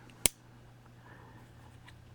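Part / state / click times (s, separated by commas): metal key blade into key fob body / seated / 0.3 s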